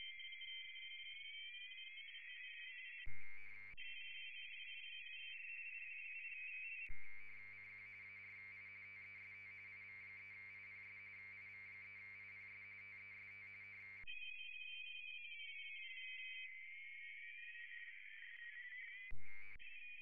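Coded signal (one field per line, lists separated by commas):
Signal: RTTY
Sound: rapid two-tone warbling teletype chatter from several stations, broken by loud hissy bursts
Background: radio static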